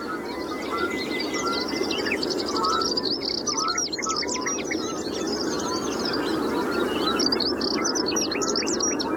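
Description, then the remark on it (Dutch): A male bird sings a high, shrill territorial song in repeated bursts of sharp chirps and trills, layered over a dense, steady wash of background noise with other birds calling throughout. “Laat hij zich nog even horen met zijn hoge, schelle zang.”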